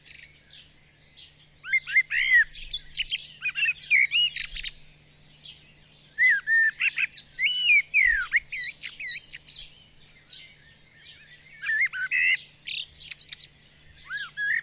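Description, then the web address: Bird song in long varied phrases: chattering trills, swooping whistles and harsh buzzy notes tumbling rapidly, with short pauses between bouts. "madarak enek"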